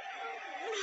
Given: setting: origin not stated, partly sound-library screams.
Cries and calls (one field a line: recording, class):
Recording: one-second piece from a danger detection set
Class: woman in danger